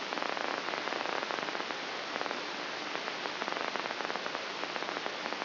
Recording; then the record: brain microelectrode recording played as sound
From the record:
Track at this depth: inside the subthalamic nucleus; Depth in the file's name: 4.663 mm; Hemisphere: left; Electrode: 3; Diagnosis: Parkinson's disease